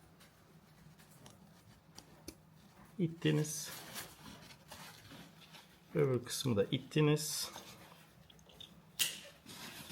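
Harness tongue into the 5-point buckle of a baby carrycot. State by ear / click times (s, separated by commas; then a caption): seated / 8.6 s. Someone talks while pushing the second tongue of the 5-point harness on a Yoyko i-Size Luxury baby carrycot into its plastic buckle. A short click is heard at 8.6 s, and the harness buckle is locked.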